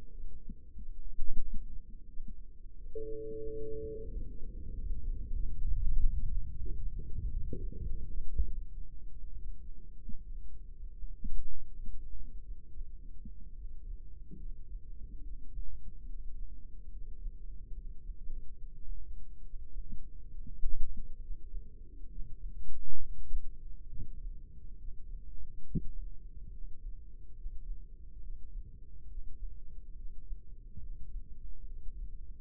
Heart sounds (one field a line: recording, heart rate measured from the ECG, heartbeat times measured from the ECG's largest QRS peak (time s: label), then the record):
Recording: heart sounds by microphone in the left ear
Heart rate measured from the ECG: 74 bpm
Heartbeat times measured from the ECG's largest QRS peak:
0.09 s: heartbeat
0.73 s: heartbeat
1.39 s: heartbeat
2.06 s: heartbeat
2.75 s: heartbeat
3.43 s: heartbeat
4.09 s: heartbeat
4.72 s: heartbeat
5.34 s: heartbeat
5.96 s: heartbeat
6.60 s: heartbeat
7.31 s: heartbeat
8.21 s: heartbeat
9.11 s: heartbeat
10.01 s: heartbeat
10.91 s: heartbeat
11.79 s: heartbeat
12.67 s: heartbeat
13.52 s: heartbeat
14.37 s: heartbeat
15.21 s: heartbeat
16.06 s: heartbeat
16.89 s: heartbeat
17.72 s: heartbeat
18.56 s: heartbeat
19.41 s: heartbeat
20.28 s: heartbeat
21.18 s: heartbeat
22.07 s: heartbeat
22.98 s: heartbeat
23.88 s: heartbeat
24.76 s: heartbeat
25.63 s: heartbeat
26.49 s: heartbeat
27.33 s: heartbeat
28.19 s: heartbeat
29.06 s: heartbeat
29.93 s: heartbeat
30.78 s: heartbeat
31.64 s: heartbeat
From the record:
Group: healthy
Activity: rest 0-4 s, breath hold 4-32 s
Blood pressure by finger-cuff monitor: 90/54 mmHg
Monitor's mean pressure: 65 mmHg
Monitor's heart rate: 71 bpm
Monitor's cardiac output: 5.6 L/min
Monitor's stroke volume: 82 mL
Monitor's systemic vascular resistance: 810 dyn s/cm5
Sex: female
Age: 22 years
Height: 163 cm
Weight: 67.1 kg